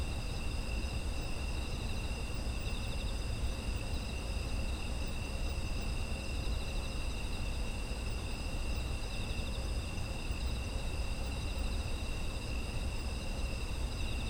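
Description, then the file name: Insects produce a dense, unchanging wall of high trilling tones at several pitches, accompanied by a persistent low-frequency rumble. Autumn insect ambience. "秋の虫の環境音"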